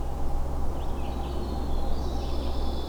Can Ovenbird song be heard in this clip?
no